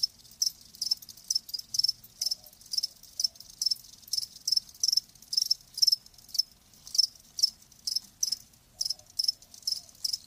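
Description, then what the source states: Cricket chirping in regular high bursts about every half second, steady and rhythmic. Live crickets chirping.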